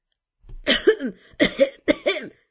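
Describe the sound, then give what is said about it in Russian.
Three raspy, hissing coughs in quick succession, each a breathy, sputtering burst more like an angry hiss than a clean bark, heard alone with no talking. “Этот звук, больше похожий на шипение рассерженного ежика, чем на кашель, я уже слышала однажды.”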